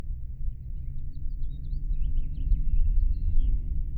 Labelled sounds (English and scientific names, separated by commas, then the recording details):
House Finch (Haemorhous mexicanus) song
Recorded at Long Beach on Long Island, New York, on 2 June 1975
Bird A